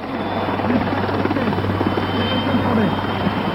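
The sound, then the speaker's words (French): Puma helicopters approach from afar at Aléria, Corsica: a steady, continuous low rotor drone and engine whine fill the whole stretch, holding an even loudness throughout. “Il ne le sait pas encore, mais au loin, des hélicoptères Puma approche.”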